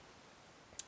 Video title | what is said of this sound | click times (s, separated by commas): 1087 ABUS D10 GANZUADO Y EXPLICADO sub eng | there I am pushing the pin, there it makes a click, you | 0.8 s